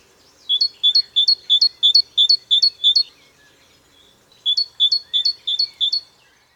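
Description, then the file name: Great tit singing a rapid seesaw phrase of about eight repeated two-note units, a pause, then a shorter run of five, crisp and high-pitched over quiet background. "Parus major"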